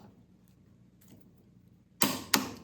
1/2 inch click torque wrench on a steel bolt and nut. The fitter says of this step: I heard that click. It's quite loud, so you know you've reached the right torque.